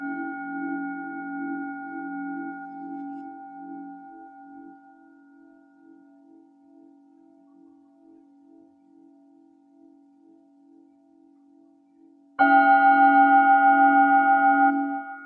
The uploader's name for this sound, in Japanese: シンギングボウルでほっこりサウンドヒーリング